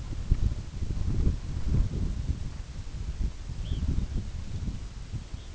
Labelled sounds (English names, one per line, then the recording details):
unidentified sound
Red Phalarope
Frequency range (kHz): Red Phalarope 2.5-4.2 kHz
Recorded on Arctic tundra, site UTQI-5, on 25 June 2018
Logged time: 18:00